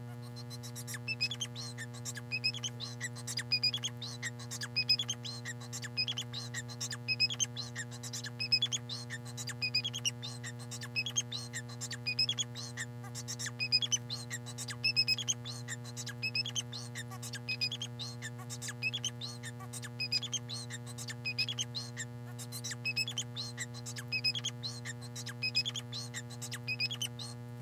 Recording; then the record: song of a male Bengalese finch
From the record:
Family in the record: son of father 4